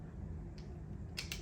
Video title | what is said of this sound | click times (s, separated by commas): Star Trek: The Playmobil Enterprise Part 2 | yeah it just pops in and it just feels like these just kind of set in here | 1.2 s, 1.3 s